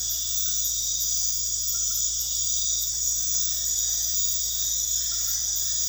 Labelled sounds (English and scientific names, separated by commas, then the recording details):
none
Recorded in pastures near Puerto Asís, Putumayo, Colombia, on 4 March 2025 at 23:30
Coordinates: 0.502, -76.324
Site GP07